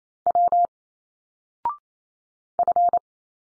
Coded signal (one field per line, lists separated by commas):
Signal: Morse code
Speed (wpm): 29 wpm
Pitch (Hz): 700 Hz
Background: none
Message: W F